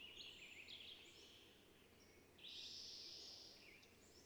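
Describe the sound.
Bird song, faint high phrases, one burst at the start and a louder, sustained run from about two and a half seconds, over background noise.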